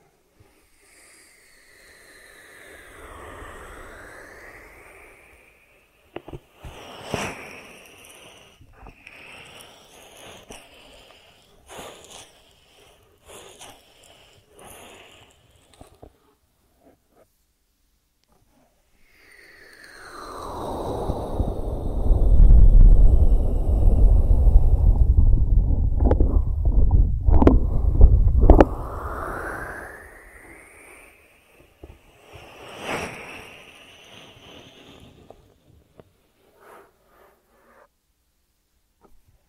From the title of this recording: ASMR 3D Brain Penetrating Ear Treatment